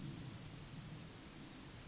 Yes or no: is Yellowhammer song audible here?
no